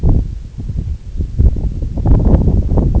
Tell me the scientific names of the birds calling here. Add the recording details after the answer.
none. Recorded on Arctic tundra, site NAIT-1, on 2 July 2019. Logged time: 02:00